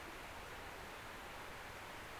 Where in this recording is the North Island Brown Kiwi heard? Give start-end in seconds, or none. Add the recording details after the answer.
none. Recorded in New Zealand on 16 November 2013. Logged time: 21:44. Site BS16